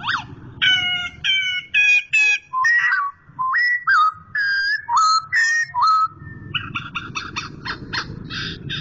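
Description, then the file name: Black-throated laughingthrush giving clear, loud whistled notes and slurred upward and downward phrases, followed by rapid repeated chirps, with a low hum beneath. Indonesian name poksay hongkong; song described as 'tarian' (dance) style. "suara tarian poksay hongkong"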